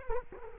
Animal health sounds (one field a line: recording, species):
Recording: mosquito wingbeat signal from an infrared sensor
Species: Culex quinquefasciatus